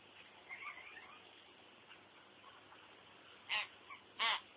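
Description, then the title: Common hill myna uttering two short, harsh, raspy calls near the end, well under a second apart, after faint softer notes and constant hiss. "burung beo"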